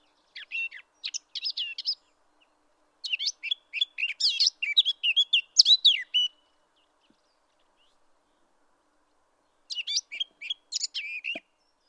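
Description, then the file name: Eurasian blackcap warbling in three separate bursts of quick, varied twittering notes, with silent gaps between phrases. "Sylvia atricapilla"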